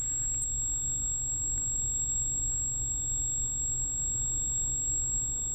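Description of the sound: Several steady, unbroken high-pitched tones ring continuously over a low rumbling hum, with no change for the whole clip. This is a simulation of tinnitus, a quite severe buzzing sound, the constant ringing or buzzing some people hear even in silence.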